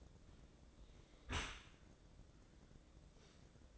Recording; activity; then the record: daily activity, microphone in the room; close dishwasher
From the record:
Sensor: 3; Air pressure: 1012.3 hPa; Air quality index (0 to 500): 158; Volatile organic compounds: 2 ppm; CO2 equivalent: 1217 ppm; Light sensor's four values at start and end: 475/1164/479/473 and 476/1166/480/473